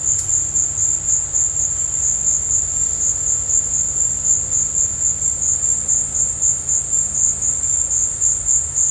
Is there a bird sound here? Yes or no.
no